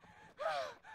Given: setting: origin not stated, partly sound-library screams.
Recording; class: one-second piece from a danger detection set; woman in danger